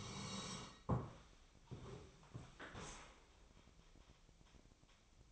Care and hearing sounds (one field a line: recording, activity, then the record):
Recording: daily activity, microphone in the room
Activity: sit down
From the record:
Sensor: 1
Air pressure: 1000.5 hPa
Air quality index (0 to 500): 174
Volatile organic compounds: 4 ppm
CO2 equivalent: 1616 ppm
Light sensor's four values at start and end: 12/29/12/14 and 12/30/12/14